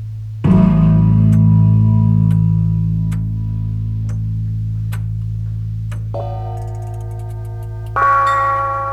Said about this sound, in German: Glocke. Kupfer. Glocke tönte.